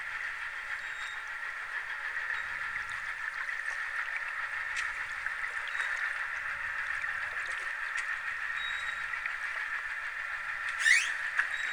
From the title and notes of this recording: Cadogan Pier, north bank of the Thames, London, Spring 2023 – by Lucy Wood. Cadogan Pier, North Bank of the river Thames, beneath Albert Bridge near Chelsea Embankment.